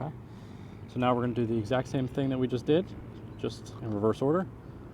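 A wiring connector is handled at a new plastic third brake light housing on a Jeep Grand Cherokee, where it will be plugged into the assembly. Someone talks over low background noise throughout. Nothing has seated or clicked yet.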